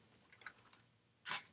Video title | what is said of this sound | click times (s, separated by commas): How to Assemble Shuttle SZ170R8V2 Cube Barebone PC | in this case I didn't hear it click this side | none